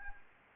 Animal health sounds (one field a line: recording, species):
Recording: mosquito wingbeat signal from an infrared sensor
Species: Anopheles arabiensis